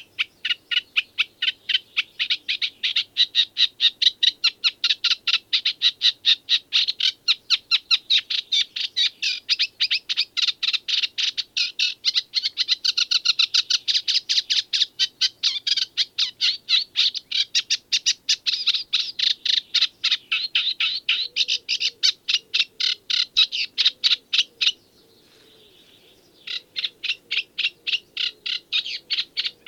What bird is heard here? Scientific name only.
Acrocephalus scirpaceus